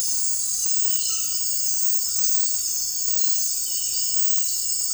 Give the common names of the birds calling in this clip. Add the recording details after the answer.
none. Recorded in dense forest near Puerto Asís, Putumayo, Colombia, on 18 February 2024 at 03:30. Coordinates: 0.484, -76.317. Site G6464